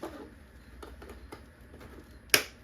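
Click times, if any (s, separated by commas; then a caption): 2.3 s. The other hand of a Spirit Halloween Dark Princess animatronic is slid into its arm. Light handling sounds lead up to one loud, sharp click at 2.3 s as the hand seats into the arm.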